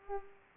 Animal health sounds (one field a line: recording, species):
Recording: mosquito wingbeat signal from an infrared sensor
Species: Culex pipiens